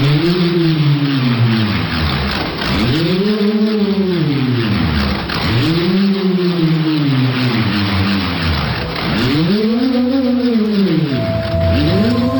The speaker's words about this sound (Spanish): bueno, es un elemento que utilizado en el ritual normalmente, que intentan a través de ese sonido ponerse en contacto con el más allá y con sus ancestros a través del sonido de la propia bramadera, que bueno, es como si ahora escucharemos un zumbido.